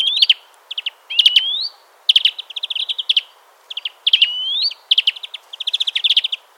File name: Chloris chloris